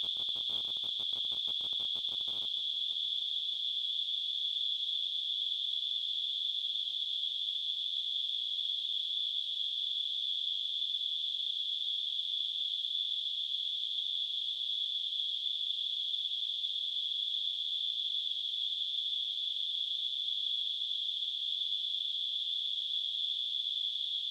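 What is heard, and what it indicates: Simulated tinnitus: a steady high-pitched tone near 3.5 kHz that continues unchanged throughout, with brief faint clicks only at the start.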